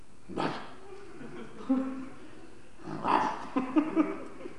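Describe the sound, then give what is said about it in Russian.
A person mimics the yapping of a small bolonka lapdog with a few short, sharp, high bursts in two clusters, separated by a brief pause, at a moderate volume. “Баллонка такая, маленькая такая, противная такая. Тях-тях-тях и за дверь.”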